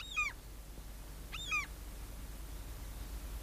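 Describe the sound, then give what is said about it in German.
Two short, plaintive cries from a large flock of common gulls, each a quick descending wail with harmonic layers, spaced about a second apart, followed by a low steady background hiss and no voices. “Das sind doch wohl Möwen, nicht? Ganz offenbar, meine Liebe, gewöhnliche Möwen.”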